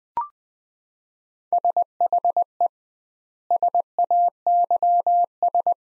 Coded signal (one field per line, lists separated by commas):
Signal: Morse code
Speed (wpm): 20 wpm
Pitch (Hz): 700 Hz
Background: none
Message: SHE SAYS